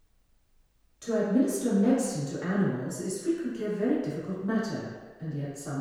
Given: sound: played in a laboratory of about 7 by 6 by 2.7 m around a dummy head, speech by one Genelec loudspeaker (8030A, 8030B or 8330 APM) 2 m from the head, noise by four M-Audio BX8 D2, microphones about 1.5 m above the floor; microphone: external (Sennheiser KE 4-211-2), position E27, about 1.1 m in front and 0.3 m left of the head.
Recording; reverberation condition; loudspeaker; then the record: female speech in English; high; behind (180 degrees)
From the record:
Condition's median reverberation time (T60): about 1300 ms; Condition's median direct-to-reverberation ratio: about -4.0 dB